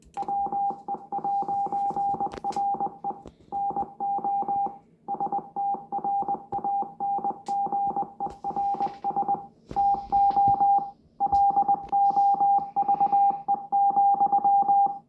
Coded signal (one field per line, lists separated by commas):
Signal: Morse code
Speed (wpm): 20 wpm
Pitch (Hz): 800 Hz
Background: none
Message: WE'RE NO STRANGERS TO LOVE,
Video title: Mysterious Morse Code recieved from space?! 🤯